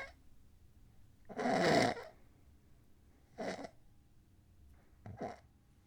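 Sleep apnea in an adult sleeper: a long, loud gasping breath, then quiet pauses broken by shorter, weaker breathing bursts.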